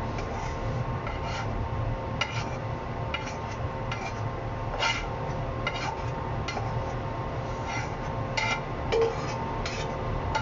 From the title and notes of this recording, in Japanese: 調理の音 鶏むね野菜炒め。キッチンでの物音をお送りします。主に鶏むね野菜炒め（一部卵とじ）を作っています。